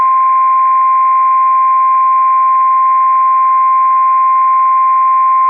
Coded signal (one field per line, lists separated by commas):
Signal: Emergency Alert System (SAME) tones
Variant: 1050 Hz attention tone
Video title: 6/24/22 - Flash Flood Warning on WXL78 (EAS #562)